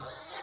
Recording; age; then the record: pig call; piglet (1 to 25 days)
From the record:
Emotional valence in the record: negative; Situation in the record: long isolation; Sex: female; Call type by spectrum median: high-frequency call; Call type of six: low-frequency tonal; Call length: 0.43 s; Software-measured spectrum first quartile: 1326 Hz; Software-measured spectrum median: 4290 Hz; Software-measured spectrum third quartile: 7955 Hz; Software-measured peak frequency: 791 Hz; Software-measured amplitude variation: 96 dB a second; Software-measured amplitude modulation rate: 17.6 a second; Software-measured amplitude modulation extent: 5.4 dB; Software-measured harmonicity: 0.2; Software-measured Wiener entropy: -1.67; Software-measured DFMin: 1047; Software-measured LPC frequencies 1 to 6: 736, 1342, 2042, 3379, 3861, 5996 Hz